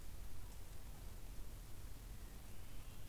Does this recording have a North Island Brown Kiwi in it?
no